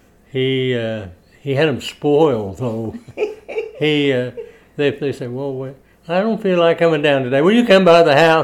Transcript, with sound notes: he--he had 'em spoiled, though. (laughing) He--they'd say, Well, wait--I don't feel like comin' down today, will you come by the house?